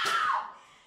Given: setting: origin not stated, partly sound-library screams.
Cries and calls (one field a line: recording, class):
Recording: one-second piece from a danger detection set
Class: woman in danger